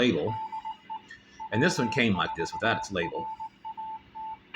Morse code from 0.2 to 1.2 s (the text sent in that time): DE